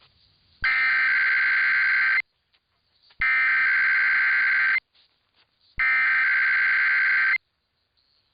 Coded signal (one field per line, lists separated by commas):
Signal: Emergency Alert System (SAME) tones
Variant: header bursts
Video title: [EAS #2395-#2399] Sunday & Monday RWTs